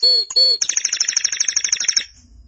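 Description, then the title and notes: Canary giving two clear slurred whistles, then a quick, even trill of bright notes that fades out after about two seconds. "BM Suara Kenari. BM Suara Burung Kenari"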